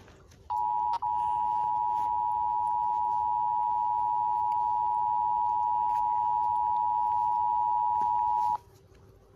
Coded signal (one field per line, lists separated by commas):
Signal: Emergency Alert System (SAME) tones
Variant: 853 and 960 Hz attention tone